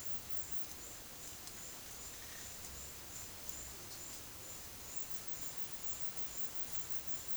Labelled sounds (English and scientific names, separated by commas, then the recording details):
none
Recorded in dense forest near Puerto Asís, Putumayo, Colombia, on 21 February 2024 at 14:00
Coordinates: 0.505, -76.324
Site G6467